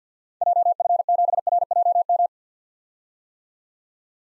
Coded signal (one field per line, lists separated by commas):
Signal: Morse code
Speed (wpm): 50 wpm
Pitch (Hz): 700 Hz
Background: none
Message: JF7RJM